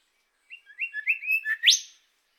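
Golden whistler phrase: several short whistled notes growing louder, finished by a loud, sharply rising whipcrack note.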